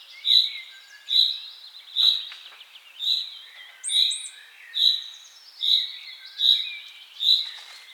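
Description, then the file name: Common chaffinch repeating a clear, sharp call note about every second, nine times in a row, with a short high twitter and soft background chirps. "Fringilla coelebs"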